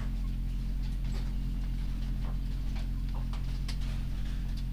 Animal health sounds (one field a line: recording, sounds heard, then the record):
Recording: poultry house recording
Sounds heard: sick chickens (respiratory disease)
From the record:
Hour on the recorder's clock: 4